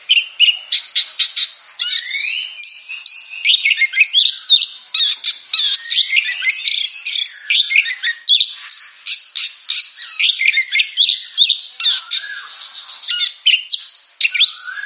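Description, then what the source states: Oriental magpie-robin singing a dense, almost continuous stream of harsh chattering notes mixed with brief upslurred whistles. Champion singing bird.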